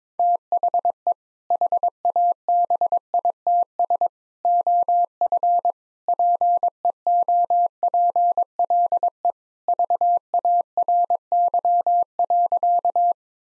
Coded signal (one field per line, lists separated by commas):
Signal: Morse code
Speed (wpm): 21 wpm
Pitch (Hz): 700 Hz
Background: none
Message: THE HABITS OF PEOPLE VARY.